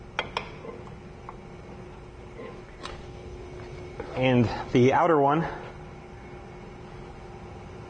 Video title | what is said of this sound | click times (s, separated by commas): 2003 Ford Crown Victoria Rear Rotor and Brake Pads | so you want to slide that pop that in place | 0.2 s